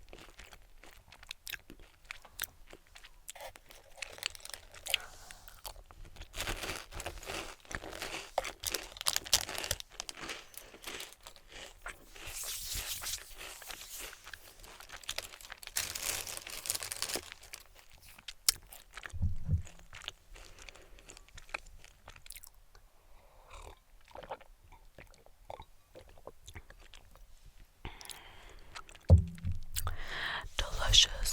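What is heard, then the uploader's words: Someone eats snacks, with crisp crunching and chewing bites scattered throughout, denser and louder in bursts around 6–18 seconds. Short pauses break the chewing, and low thumps land near 19 and 29 seconds, with brief bits of speech in the background. ASMR Eating German Snacks.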